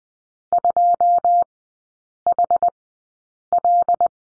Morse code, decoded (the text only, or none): 2HL